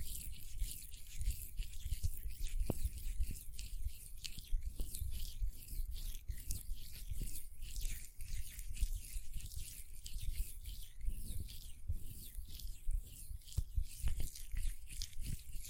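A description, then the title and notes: Lotion being rubbed between hands makes a continuous wet, crackly hiss with soft low thumps underneath. The rubbing is dense and fairly even throughout, with small sharp clicks poking out now and then, around the third, fifth and fourteenth seconds. Hand Sounds, Nail Tapping and Lotion Sounds.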